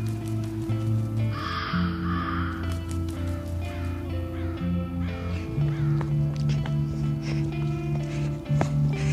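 Large birds caw in harsh, repeated bursts, loudest early on and scattered throughout, over a steady low droning hum that shifts pitch a few times.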